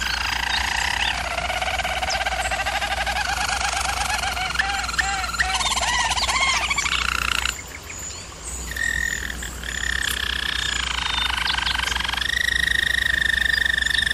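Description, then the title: German Roller canary song: soft rolling trills and looping notes, a short dip in volume, then steady rolls held at a higher pitch. German Roller canary singing, used for canary training. "German Roller Canary Singing - Canary Training Vid"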